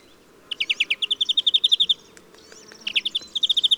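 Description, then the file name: European greenfinch giving rapid rattling trills, a long even run of twittering notes, a short pause, then another trilled phrase starting up. "Chloris chloris"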